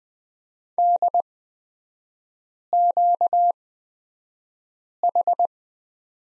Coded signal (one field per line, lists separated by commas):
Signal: Morse code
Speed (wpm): 20 wpm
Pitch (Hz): 700 Hz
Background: none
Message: DQH